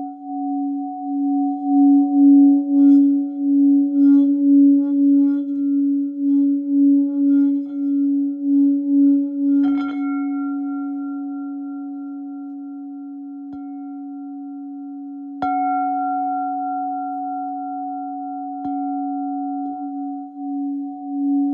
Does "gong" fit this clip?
yes